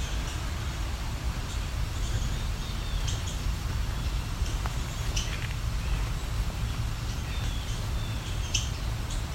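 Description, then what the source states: Indigo bunting sharp chip calls, brief dry snapping notes scattered throughout over a steady low rumble. Indigo buntings, more than one, giving snapping calls directed at the recordist.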